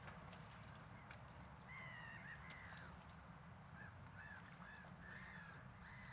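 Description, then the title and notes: Gull calls, several harmonic, arched cries in short bursts, some drawn out and others clipped, over a steady low rumble. At a waterfront on a Saturday. "Seagulls. You went to the waterfront to meditate on Saturday"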